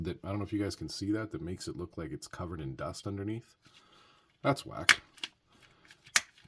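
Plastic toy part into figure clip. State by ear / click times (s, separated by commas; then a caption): seated / 6.2 s. Someone talks, then handles a plastic part of a transforming toy figure (Transformers Legacy United Deluxe Class G2 Universe), producing a few light plastic taps. The part is clipped into place in the figure with a sharp click at 6.2 s, and it is seated.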